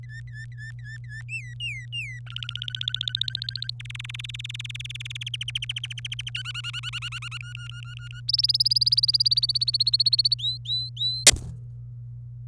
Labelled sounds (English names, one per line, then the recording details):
Domestic Canary song
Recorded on 26 April 2018 at 17:52
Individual llb3